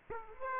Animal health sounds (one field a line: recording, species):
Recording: mosquito wingbeat signal from an infrared sensor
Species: Aedes aegypti